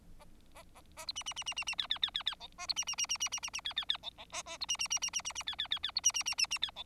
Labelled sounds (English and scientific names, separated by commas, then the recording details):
Bengalese Finch (Lonchura striata domestica) song
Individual Bird4